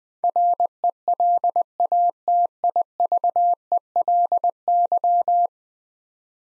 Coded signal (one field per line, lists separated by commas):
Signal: Morse code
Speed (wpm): 21 wpm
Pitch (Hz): 700 Hz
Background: none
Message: RELATIVELY